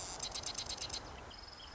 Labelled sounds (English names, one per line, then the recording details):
Marsh Wren
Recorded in Sonoma County, California